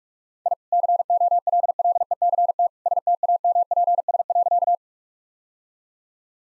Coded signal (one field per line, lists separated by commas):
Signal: Morse code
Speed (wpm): 41 wpm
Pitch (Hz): 700 Hz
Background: none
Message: I COLLECT STAMPS.